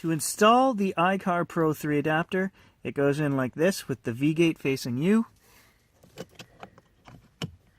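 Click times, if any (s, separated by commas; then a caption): 7.4 s. Someone talks, then a Bluetooth OBD2 adapter (iCar Pro 3) is pushed into the OBD2 diagnostic port under the fuse panel of a Mitsubishi Outlander PHEV, with its V-shaped side facing outward. A few faint taps follow, then a sharp click at 7.4 s as the adapter seats in the port.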